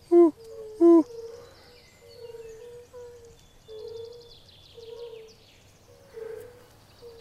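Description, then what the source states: Fire-bellied toad calls: soft, mellow hooting notes on one low pitch, repeated, after two louder short sounds at the start, with faint high bird calls. Characteristic call heard at a wetland site with water, marshes and flooded ground in Biebrza National Park.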